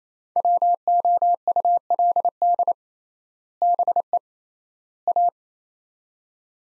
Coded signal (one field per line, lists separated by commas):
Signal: Morse code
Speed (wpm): 28 wpm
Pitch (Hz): 700 Hz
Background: none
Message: WOULD BE A